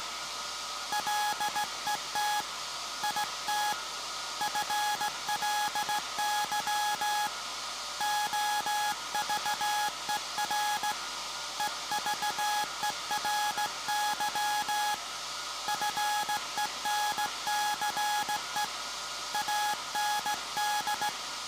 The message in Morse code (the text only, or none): LET IT FLY OVER EVERY FENCE AND